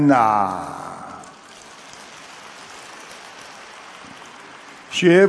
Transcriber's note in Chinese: 掌声